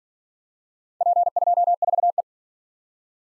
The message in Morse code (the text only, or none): P24E